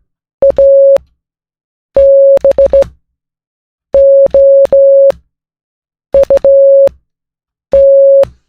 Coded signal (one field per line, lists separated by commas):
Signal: Morse code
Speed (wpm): 16 wpm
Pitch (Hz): 550 Hz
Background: music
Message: ABOUT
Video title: Morning Coffee + Morse Code + Learning C++ | Ep.1